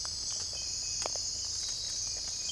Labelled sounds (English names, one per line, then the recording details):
none
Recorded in secondary vegetation near Puerto Asís, Putumayo, Colombia, on 16 December 2024 at 05:30
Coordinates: 0.481, -76.318
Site G042